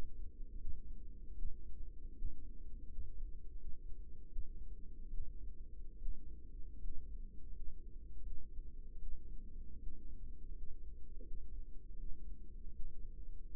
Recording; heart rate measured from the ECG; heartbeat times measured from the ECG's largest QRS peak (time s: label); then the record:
heart sounds by microphone in the left ear; 79 bpm
0.53 s: heartbeat
1.31 s: heartbeat
2.10 s: heartbeat
2.83 s: heartbeat
3.52 s: heartbeat
4.24 s: heartbeat
5.06 s: heartbeat
5.94 s: heartbeat
6.75 s: heartbeat
7.48 s: heartbeat
8.18 s: heartbeat
8.94 s: heartbeat
9.75 s: heartbeat
10.49 s: heartbeat
11.19 s: heartbeat
11.92 s: heartbeat
12.68 s: heartbeat
13.48 s: heartbeat
From the record:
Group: healthy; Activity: rest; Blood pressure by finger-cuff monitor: 129/65 mmHg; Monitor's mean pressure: 86 mmHg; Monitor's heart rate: 80 bpm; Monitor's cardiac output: 7.3 L/min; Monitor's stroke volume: 90 mL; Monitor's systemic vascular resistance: 830 dyn s/cm5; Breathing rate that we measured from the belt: 16 breaths a minute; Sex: female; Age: 24 years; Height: 163 cm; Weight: 55.7 kg